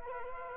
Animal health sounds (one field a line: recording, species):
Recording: mosquito wingbeat signal from an infrared sensor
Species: Culex quinquefasciatus